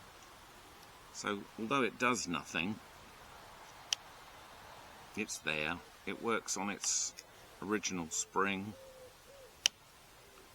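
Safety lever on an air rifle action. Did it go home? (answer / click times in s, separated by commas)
yes / 9.7 s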